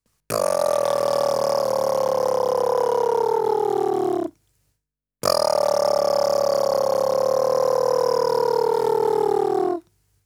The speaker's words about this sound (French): Faisons maintenant le même exercice que précédemment en utilisant le bourdonnement des lèvres.